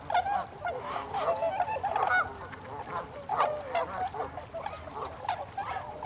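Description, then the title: Tundra swans honking as a group, overlapping mellow calls in uneven bursts. Recorded 26 December 2020; several swans. "2020-12-26-Tundra-Swans"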